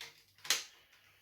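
A plastic gauntlet piece is pushed onto a toy megazord robot, with a few faint handling sounds leading up to a sharp, bright plastic click at 0.5 s. The gauntlet clicks into place and is seated on the robot.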